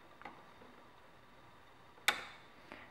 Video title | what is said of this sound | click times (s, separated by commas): How to Change Roomba Filter, Rollers, and Side Brush. | sometimes easier you start with this side you'll hear a little click and | 2.1 s